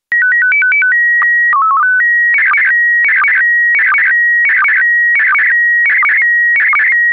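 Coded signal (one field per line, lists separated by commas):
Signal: SSTV (slow-scan television)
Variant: PD 90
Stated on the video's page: SSTV image in PD90 mode.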